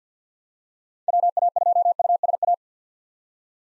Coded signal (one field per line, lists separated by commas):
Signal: Morse code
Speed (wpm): 50 wpm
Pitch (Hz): 700 Hz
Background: none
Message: WA2USA